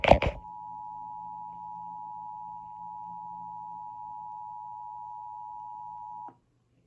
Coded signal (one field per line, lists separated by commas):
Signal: Emergency Alert System (SAME) tones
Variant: 853 and 960 Hz attention tone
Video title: Severe Thunderstorm Warning EAS#478